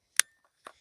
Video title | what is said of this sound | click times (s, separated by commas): Recaro Xenon 1 Review - Installation, Features & Safety | Until you hear a click sound. | 0.2 s